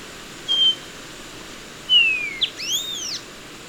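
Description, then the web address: Bronze-green euphonia calls: a short high whistle, then a longer descending whistle followed by a sharp note and arched, ringing up-and-down notes. Ecuador. "Natures Songs S America Birds of Ecuador Bronze-Green Euphonia"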